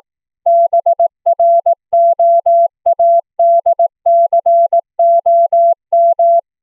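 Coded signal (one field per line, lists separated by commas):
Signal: Morse code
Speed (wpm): 18 wpm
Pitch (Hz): 680 Hz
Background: none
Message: BROADCOM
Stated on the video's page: CW audio generated by FLdigi from a text file, sent between two Linphone clients over the internet using the BroadVoice BV16 codec.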